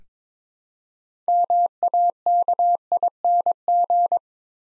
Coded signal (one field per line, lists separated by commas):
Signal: Morse code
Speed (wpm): 22 wpm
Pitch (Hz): 700 Hz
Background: none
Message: MAKING